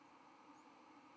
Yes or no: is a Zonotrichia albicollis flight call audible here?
no